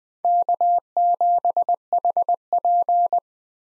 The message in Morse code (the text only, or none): K7HP